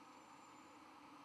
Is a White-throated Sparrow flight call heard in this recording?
no